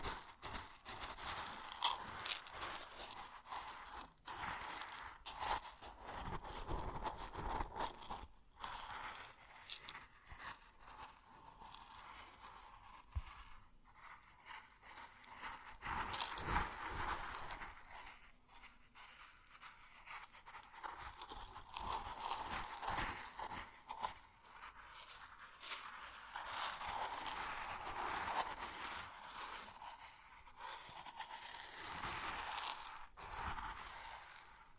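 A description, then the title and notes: Grain is handled in a dense, gritty rustle of tiny crackles and scrapes that runs almost the whole time. The sound swells and thins in irregular waves, with brief near-silent gaps around 4, 8 and 14 seconds. It stays mostly bright, with little low end. ASMR Grain Sounds (No Talking).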